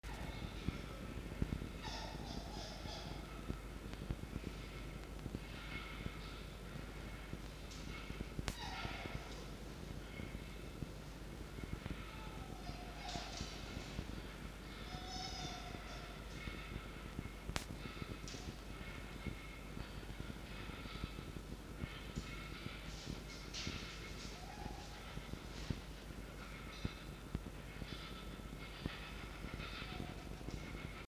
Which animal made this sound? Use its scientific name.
Vulpes vulpes